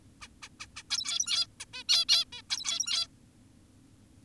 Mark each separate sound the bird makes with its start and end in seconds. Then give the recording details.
0.22-0.28, 0.42-0.49, 0.60-0.67, 0.76-0.83, 0.90-1.47, 1.60-1.65, 1.74-1.84, 1.89-2.05, 2.09-2.25, 2.33-2.42, 2.50-3.08. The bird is an adult. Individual g17y2U